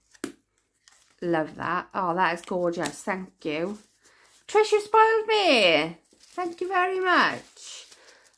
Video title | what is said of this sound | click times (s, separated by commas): Entry No 13 - Fun Fold Card challenge giveaway 😍😍 | because it's making that lovely snap sound | 0.2 s